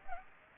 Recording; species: mosquito wingbeat signal from an infrared sensor; Aedes aegypti